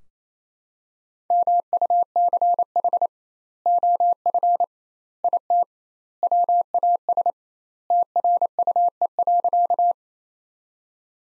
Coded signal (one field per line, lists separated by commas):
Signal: Morse code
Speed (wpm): 27 wpm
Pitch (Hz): 700 Hz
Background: none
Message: MUCH OF IT WAS TRUE.